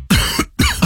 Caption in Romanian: Ai o tuse care nu trece și fumezi sau ai fumat? Poate fi semnul unui cancer de plămân, mai ales dacă ai și respirație șuierătoare, dureri în piept sau dificultăți de respirație.